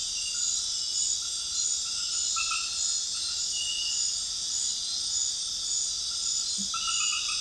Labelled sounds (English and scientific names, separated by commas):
none